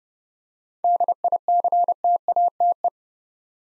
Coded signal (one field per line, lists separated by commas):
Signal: Morse code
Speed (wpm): 31 wpm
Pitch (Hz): 700 Hz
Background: none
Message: DICTATE